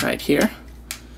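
Someone talks while the plastic figure's head piece is rotated up toward the torso of a Transformers Age of Extinction Galvatron Voyager toy, followed by a brief sharp sound at 0.9 s. The head is handled but not yet home, and nothing has seated or clicked yet.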